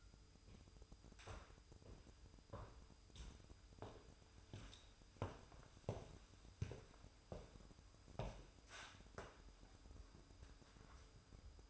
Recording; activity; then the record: daily activity, microphone in the room; walk to room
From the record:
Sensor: 2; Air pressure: 988.1 hPa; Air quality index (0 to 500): 176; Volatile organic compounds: 113 ppm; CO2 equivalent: 3835 ppm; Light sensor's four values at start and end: 21/71/28/26 and 21/70/27/26